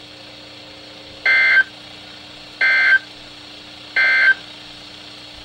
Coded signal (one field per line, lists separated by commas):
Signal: Emergency Alert System (SAME) tones